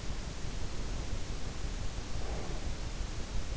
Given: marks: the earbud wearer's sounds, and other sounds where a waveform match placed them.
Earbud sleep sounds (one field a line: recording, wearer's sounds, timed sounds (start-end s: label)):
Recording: sounds in sleep by an in-ear microphone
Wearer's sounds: breath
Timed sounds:
0.64-3.03 s: breath